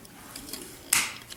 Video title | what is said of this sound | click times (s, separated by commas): Caleb & Lil' Tommy's Buddy Build Part II | there you that was the click and yes that answers his question from before daddy do the wheels roll | 0.9 s